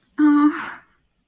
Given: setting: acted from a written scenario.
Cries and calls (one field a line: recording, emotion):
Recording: vocal sound without words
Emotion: distress